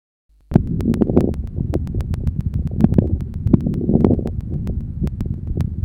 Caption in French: Les crépitants de mi-inspiration. Il prédomine. Au milieu de l'inspiration et respecte le début et la fin de l'inspiration. Ils traduisent l'existence de sécrétions bronchiques, d'où leur caractère variable d'un cycle à l'autre et leur association fréquente à quelques crépitants expiratoires.